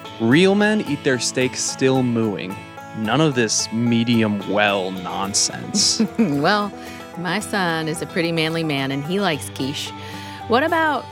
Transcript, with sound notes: Real men eat their steaks still mooing—none of this medium-well nonsense.
(chuckling) Well, my son is a pretty manly-man, and he likes quiche. What about